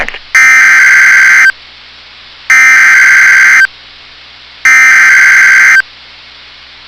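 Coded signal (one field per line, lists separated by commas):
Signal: Emergency Alert System (SAME) tones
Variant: header bursts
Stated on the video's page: Real NOAA Weather Radio Severe Thunderstorm Warnings heard on a radio during strong storms in North Dakota and northern Minnesota.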